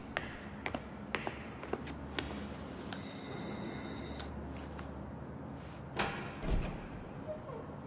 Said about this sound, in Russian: Он поднимается по ступеням подъезда, стучит в дверь.